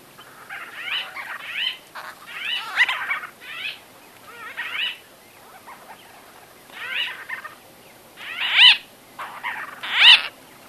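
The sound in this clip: White-fronted bee-eaters giving nasal, rasping calls in clustered bursts, with two louder squawks near the end.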